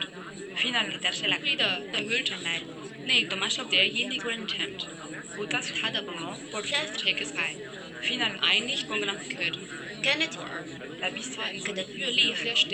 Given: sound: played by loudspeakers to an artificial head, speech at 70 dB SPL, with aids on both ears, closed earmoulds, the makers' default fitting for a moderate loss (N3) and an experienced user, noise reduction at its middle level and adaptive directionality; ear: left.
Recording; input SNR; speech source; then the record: speech test signal (ISTS) in cocktail-party noise; -3 dB; in front (0 degrees)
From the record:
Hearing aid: class 1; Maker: C